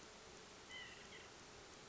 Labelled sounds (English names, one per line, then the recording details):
White-breasted Nuthatch
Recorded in Sonoma County, California